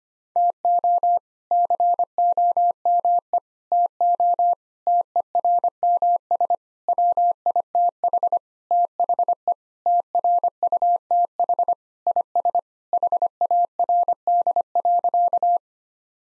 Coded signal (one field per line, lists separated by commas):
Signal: Morse code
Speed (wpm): 25 wpm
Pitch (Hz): 700 Hz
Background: none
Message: TO COME TO TERMS WITH THE TRUTH IS HARD.